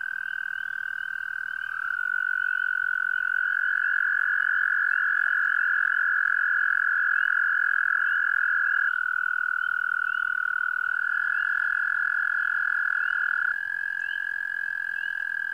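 American toad trilling, a long steady musical trill held for the whole fifteen seconds, with overlapping trills slightly shifting pitch.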